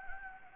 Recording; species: mosquito wingbeat signal from an infrared sensor; Anopheles gambiae